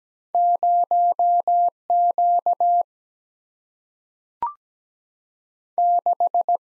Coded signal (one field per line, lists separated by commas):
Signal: Morse code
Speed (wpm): 17 wpm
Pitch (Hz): 700 Hz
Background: none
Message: 0 Q 6